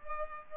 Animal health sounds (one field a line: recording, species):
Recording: mosquito wingbeat signal from an infrared sensor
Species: Culex pipiens